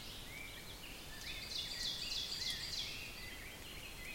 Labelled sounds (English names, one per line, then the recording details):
Ovenbird song
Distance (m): 70 m
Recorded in boreal forest in Alberta, Canada, on 5 June 2016 at 05:53
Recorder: SongMeter 3, array SBT-3-51
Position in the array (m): 222 m, 16 m
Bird 27